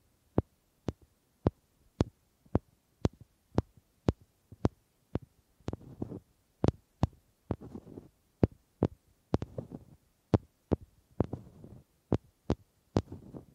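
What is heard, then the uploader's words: Sharp wooden knocks land in a steady, quick rhythm about twice a second, with soft scraping and rustling between them midway through. ASMR Simply Relaxing Wood Triggers for Sleep New Mic Test Tascam Portacapture X8 (No Talking).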